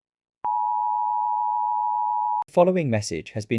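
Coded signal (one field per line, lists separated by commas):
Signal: Emergency Alert System (SAME) tones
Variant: 853 and 960 Hz attention tone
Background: speech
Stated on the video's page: Simulated EAS scenario, not a real alert.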